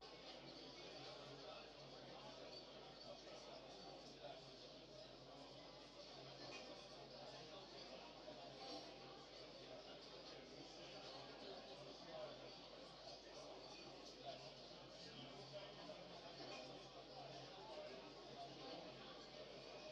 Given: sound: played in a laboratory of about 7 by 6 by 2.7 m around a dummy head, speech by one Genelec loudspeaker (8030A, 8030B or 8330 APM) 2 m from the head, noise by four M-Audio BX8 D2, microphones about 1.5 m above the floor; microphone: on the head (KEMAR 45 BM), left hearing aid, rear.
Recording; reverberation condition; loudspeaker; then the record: cafeteria noise; low; four, about 170 cm from the corners of the room and facing them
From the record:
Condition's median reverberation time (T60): about 310 ms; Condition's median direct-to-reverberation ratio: about 3.5 dB